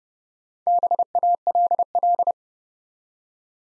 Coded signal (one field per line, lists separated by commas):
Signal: Morse code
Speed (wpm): 30 wpm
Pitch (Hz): 700 Hz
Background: none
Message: BALL